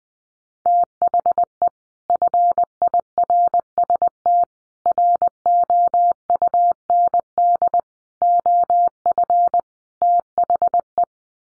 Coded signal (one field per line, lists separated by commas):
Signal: Morse code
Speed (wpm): 20 wpm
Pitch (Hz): 700 Hz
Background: none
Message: THE FIRST ROUND OF THE